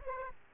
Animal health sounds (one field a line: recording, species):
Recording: mosquito wingbeat signal from an infrared sensor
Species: Aedes aegypti